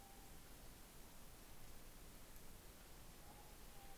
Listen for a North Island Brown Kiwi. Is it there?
no